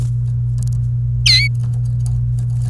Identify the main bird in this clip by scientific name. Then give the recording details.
Serinus canaria. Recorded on 28 April 2018 at 08:49. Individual llb3